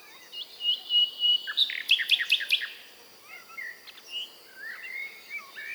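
Common nightingale song: a sustained whistled note, then a burst of sharp rapid repeated notes, followed by softer scattered chirps and slurred phrases against a faint background hiss.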